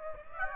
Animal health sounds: mosquito wingbeat signal from an infrared sensor; Aedes aegypti

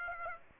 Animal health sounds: mosquito wingbeat signal from an infrared sensor; Aedes aegypti

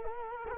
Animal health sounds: mosquito wingbeat signal from an infrared sensor; Culex quinquefasciatus

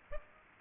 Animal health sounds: mosquito wingbeat signal from an infrared sensor; Aedes aegypti

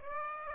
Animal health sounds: mosquito wingbeat signal from an infrared sensor; Aedes aegypti

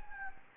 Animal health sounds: mosquito wingbeat signal from an infrared sensor; Anopheles gambiae

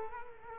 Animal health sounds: mosquito wingbeat signal from an infrared sensor; Culex quinquefasciatus

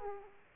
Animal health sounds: mosquito wingbeat signal from an infrared sensor; Aedes aegypti

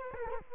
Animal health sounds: mosquito wingbeat signal from an infrared sensor; Culex quinquefasciatus

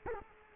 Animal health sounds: mosquito wingbeat signal from an infrared sensor; Culex quinquefasciatus

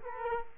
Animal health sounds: mosquito wingbeat signal from an infrared sensor; Culex quinquefasciatus

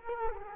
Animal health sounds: mosquito wingbeat signal from an infrared sensor; Culex quinquefasciatus

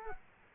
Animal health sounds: mosquito wingbeat signal from an infrared sensor; Culex quinquefasciatus

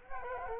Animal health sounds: mosquito wingbeat signal from an infrared sensor; Culex quinquefasciatus

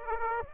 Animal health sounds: mosquito wingbeat signal from an infrared sensor; Aedes aegypti

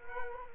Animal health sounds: mosquito wingbeat signal from an infrared sensor; Culex quinquefasciatus

